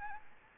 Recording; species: mosquito wingbeat signal from an infrared sensor; Anopheles arabiensis